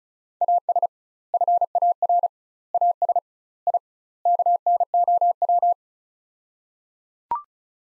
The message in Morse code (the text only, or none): AS FAR AS I KNOW